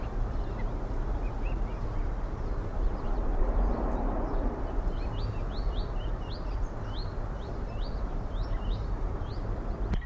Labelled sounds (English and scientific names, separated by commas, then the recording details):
Reed Bunting (Emberiza schoeniclus)
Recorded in the wild
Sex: male
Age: adult
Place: Karower Teiche, Naturpark Barnim, Berlin, DE
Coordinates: 52.62, 13.46
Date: 1994-04-24 10:44
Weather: heiter-wolkig, 16-20°C
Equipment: Marantz CP 430, Sennheiser ME 80, Kopie Uher Variocord 263
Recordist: Tembrock, Günter